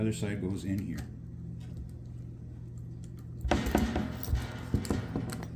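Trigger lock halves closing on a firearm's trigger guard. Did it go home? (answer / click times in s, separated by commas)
yes / 3.5 s, 3.8 s, 4.2 s, 4.8 s, 4.9 s, 5.3 s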